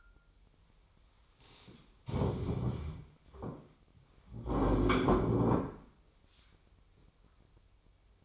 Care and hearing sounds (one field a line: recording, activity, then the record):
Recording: daily activity, microphone in the room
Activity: stand up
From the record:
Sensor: 1